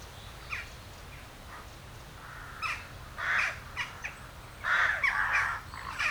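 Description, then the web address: Western jackdaw calls: a few quiet notes, then harsh calls that grow louder, with a loud burst of calls near the end. Several jackdaws. "Effects 02-Birds, Insects Animals. Birds Crown Jackdaws"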